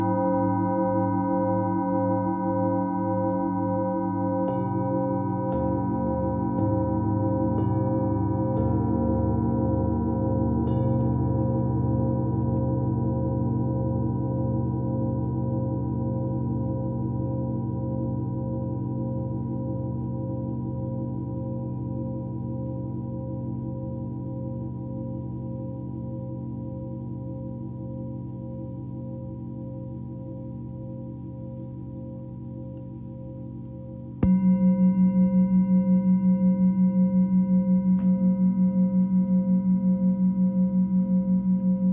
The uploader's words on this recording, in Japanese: シンギングボウルのサウンドヒーリングライブ。